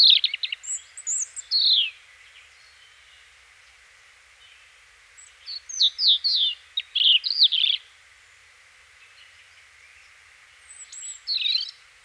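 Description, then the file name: European robin song, bursts of high thin twittering notes with gaps of silence between groups. "Erithacus rubecula"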